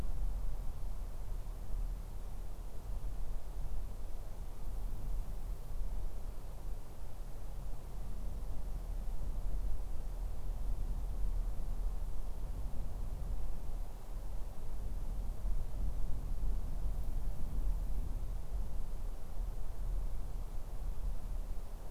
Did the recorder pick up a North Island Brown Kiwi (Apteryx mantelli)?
no